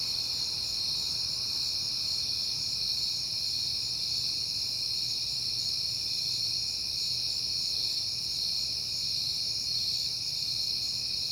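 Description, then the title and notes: Cricket: dense chirping of many crickets holds a constant high, buzzy shimmer throughout, with a subdued low rumble in the background. Recorded at night in September on a peaceful night; crickets heard often lately. "Night Time: Crickets and Passing Cars. It is September and I have been hearing the crickets a lot, but finally had a peaceful night to make the recording"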